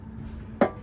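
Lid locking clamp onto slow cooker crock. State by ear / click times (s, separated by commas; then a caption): seated / 0.6 s. A locking clamp on a slow cooker lid is lowered and pressed down onto the crock. Over a low steady background, a single short, sharp click sounds at 0.6 s as the clamp locks into place.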